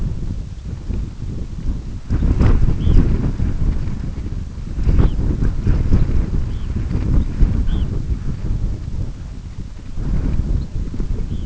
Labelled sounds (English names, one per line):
Red Phalarope